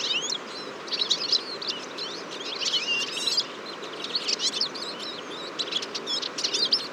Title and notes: Choeur de fringilles. 23 février 2014-Fourcinet - Drôme. un grand nombre de Tarin des aulnes (Carduelis spinus)